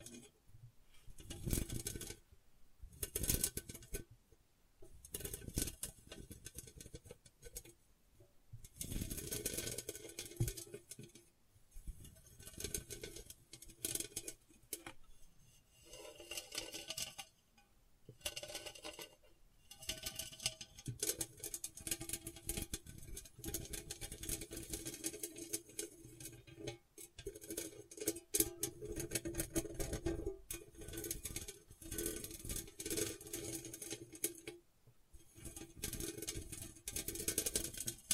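Gentle scratching comes in short bursts of dry, rustling strokes, separated by brief quiet gaps every second or two. The texture is light and crisp, with small tapping and clinking touches mixed in, and the activity grows busier and more continuous toward the end.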